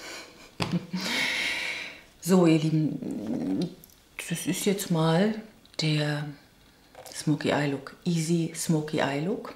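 A plastic cosmetic cap is pressed onto a lipstick tube that has just been used, lined up by its little nub so that it locks in. A single sharp click at 0.6 s shows the cap seated shut. Someone then talks for the rest of the clip.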